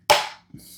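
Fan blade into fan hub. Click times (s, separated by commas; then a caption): 0.1 s. A plastic fan blade is pushed all the way into the hub of a socket-mounted ceiling fan light, markings side up. There is a sharp, loud click at 0.1 s that decays over about 0.3 s, then a softer hit near 0.5 s followed by faint noise. The blade is seated in the hub.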